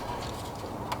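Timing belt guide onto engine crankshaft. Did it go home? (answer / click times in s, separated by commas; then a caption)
yes / 0.9 s. A thin metal flanged washer, the crankshaft timing belt guide, is slid back over the crank snout of a Toyota 2JZ engine with its flared side facing out. Over a steady low background, a short, sharp click at 0.9 s marks the guide popping into place, fully seated.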